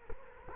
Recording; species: mosquito wingbeat signal from an infrared sensor; Culex quinquefasciatus